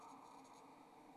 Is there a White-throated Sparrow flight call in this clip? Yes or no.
no